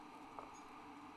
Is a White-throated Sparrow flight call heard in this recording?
no